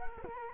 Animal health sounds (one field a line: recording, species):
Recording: mosquito wingbeat signal from an infrared sensor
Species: Culex quinquefasciatus